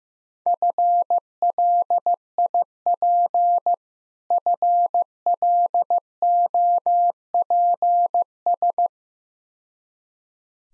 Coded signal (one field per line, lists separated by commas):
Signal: Morse code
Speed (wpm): 15 wpm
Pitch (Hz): 700 Hz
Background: none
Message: FLIP FLOPS